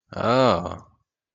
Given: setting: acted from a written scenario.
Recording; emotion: vocal sound without words; interest